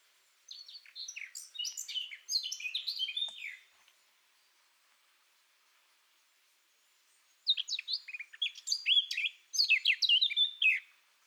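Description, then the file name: Eurasian blackcap song: two bursts of rapid, scratchy chattering warble, each about three seconds long, separated by a quiet gap. "Sylvia atricapilla"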